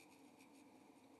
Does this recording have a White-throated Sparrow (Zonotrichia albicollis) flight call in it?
no